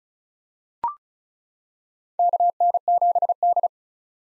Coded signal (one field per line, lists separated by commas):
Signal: Morse code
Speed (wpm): 36 wpm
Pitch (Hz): 700 Hz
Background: none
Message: KN7D